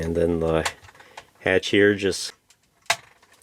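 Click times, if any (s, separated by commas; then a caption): 2.9 s. Someone talks as the plastic cockpit hatch of a Star Wars The Vintage Collection Luke Skywalker's X-Wing Fighter toy starfighter is closed onto the hull. A single sharp, loud click sounds at 2.9 s as the hatch snaps shut and seats into place.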